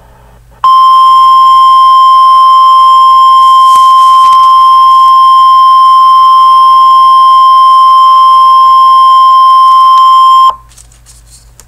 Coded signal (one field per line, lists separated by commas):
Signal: Emergency Alert System (SAME) tones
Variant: 1050 Hz attention tone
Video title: *MOCK EAS* Blizzard Warning for NYC!